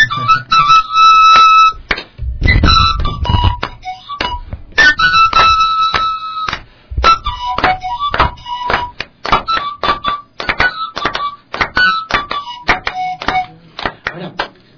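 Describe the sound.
Steady, rhythmic hand clapping keeps a fast repeating beat throughout, loud and sharp, with voices carrying on over the claps.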